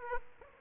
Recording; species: mosquito wingbeat signal from an infrared sensor; Aedes aegypti